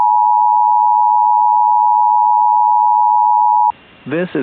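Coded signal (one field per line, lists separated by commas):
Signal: Emergency Alert System (SAME) tones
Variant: 853 and 960 Hz attention tone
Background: speech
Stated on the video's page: Statewide tornado drill.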